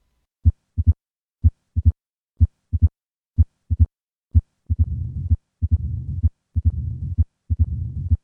Combined mitral regurgitation and stenosis the first and second heart sound and an opening snap, then add the diastolic murmur, and finally the systolic murmur of mitral regurgitation.